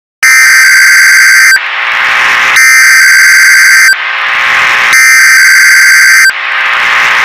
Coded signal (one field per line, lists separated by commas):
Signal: Emergency Alert System (SAME) tones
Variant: header bursts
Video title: Emergency Alert System | The Creepy Sunsliver Of Spotlights